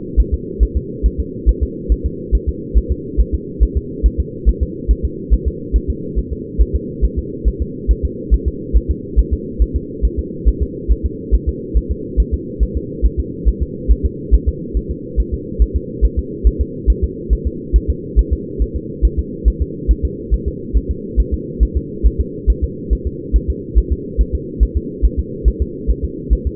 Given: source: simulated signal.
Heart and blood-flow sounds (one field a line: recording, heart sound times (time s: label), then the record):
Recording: fetal heart sounds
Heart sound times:
0.20 s: S1
0.34 s: S2
0.63 s: S1
0.77 s: S2
1.06 s: S1
1.20 s: S2
1.49 s: S1
1.63 s: S2
1.92 s: S1
2.06 s: S2
2.35 s: S1
2.49 s: S2
2.78 s: S1
2.92 s: S2
3.20 s: S1
3.35 s: S2
3.63 s: S1
3.77 s: S2
4.06 s: S1
4.20 s: S2
4.49 s: S1
4.63 s: S2
4.91 s: S1
5.05 s: S2
5.34 s: S1
5.48 s: S2
5.76 s: S1
5.90 s: S2
6.19 s: S1
6.33 s: S2
6.62 s: S1
6.76 s: S2
7.05 s: S1
7.19 s: S2
7.48 s: S1
7.62 s: S2
7.91 s: S1
8.05 s: S2
8.34 s: S1
8.48 s: S2
8.77 s: S1
8.91 s: S2
9.19 s: S1
9.34 s: S2
9.62 s: S1
9.76 s: S2
10.05 s: S1
10.19 s: S2
10.48 s: S1
10.62 s: S2
10.92 s: S1
11.06 s: S2
11.35 s: S1
11.49 s: S2
11.77 s: S1
11.92 s: S2
12.20 s: S1
12.34 s: S2
12.63 s: S1
12.77 s: S2
13.06 s: S1
13.20 s: S2
13.49 s: S1
13.63 s: S2
13.92 s: S1
14.06 s: S2
14.34 s: S1
14.49 s: S2
14.77 s: S1
14.91 s: S2
15.20 s: S1
15.34 s: S2
15.62 s: S1
15.76 s: S2
16.05 s: S1
16.19 s: S2
16.47 s: S1
16.61 s: S2
16.90 s: S1
17.04 s: S2
17.33 s: S1
17.47 s: S2
17.76 s: S1
17.90 s: S2
18.19 s: S1
18.33 s: S2
18.62 s: S1
18.76 s: S2
19.05 s: S1
19.19 s: S2
19.48 s: S1
19.62 s: S2
19.91 s: S1
20.05 s: S2
20.34 s: S1
20.48 s: S2
20.77 s: S1
20.91 s: S2
21.20 s: S1
21.34 s: S2
21.63 s: S1
21.77 s: S2
22.07 s: S1
22.21 s: S2
22.50 s: S1
22.64 s: S2
22.93 s: S1
23.07 s: S2
23.36 s: S1
23.50 s: S2
23.78 s: S1
23.93 s: S2
24.21 s: S1
24.35 s: S2
24.63 s: S1
24.77 s: S2
25.05 s: S1
25.19 s: S2
25.48 s: S1
25.62 s: S2
25.91 s: S1
26.05 s: S2
26.33 s: S1
26.47 s: S2
From the record:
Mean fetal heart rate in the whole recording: 140 bpm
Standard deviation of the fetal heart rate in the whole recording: 2 bpm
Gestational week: 34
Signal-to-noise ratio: -4.1 dB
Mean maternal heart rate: no maternal heart sound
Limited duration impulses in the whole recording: absent